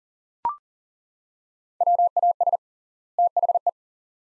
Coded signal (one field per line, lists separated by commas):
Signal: Morse code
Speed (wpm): 37 wpm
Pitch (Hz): 700 Hz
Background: none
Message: WAS THE